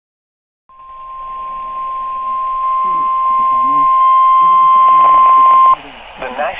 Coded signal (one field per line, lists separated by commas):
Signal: Emergency Alert System (SAME) tones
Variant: 1050 Hz attention tone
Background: speech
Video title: EAS Alerts